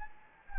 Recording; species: mosquito wingbeat signal from an infrared sensor; Anopheles gambiae